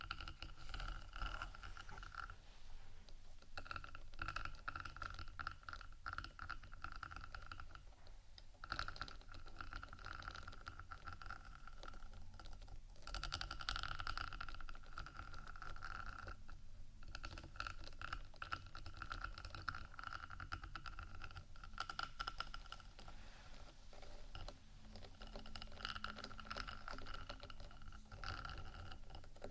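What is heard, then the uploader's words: Scratching and tapping on a rhinestone-covered microphone, a dense, steady stream of small clicks and rasps. The sound is bright and crisp, with brief quieter gaps near 8, 16 and 21 seconds, over a faint low hum. ASMR Rhinestone Embellished 3dio Mic Scratchingtapping（No Talking）.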